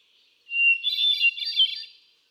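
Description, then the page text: Hermit thrush delivering one phrase, a pure steady whistle followed by a shimmering tumble of higher ringing notes. Male singing, cycling through a repertoire of about ten different songs; 13 June 2006, Quabbin Park, Ware, Massachusetts. "Birdsong for the Curious Naturalist. Hermit thrush. A truly gifted and inspiring songster. Can you hear how he cycles through his repertoire of about ten different songs? June 13, 2006. Quabbin Park, Ware, Massachusetts"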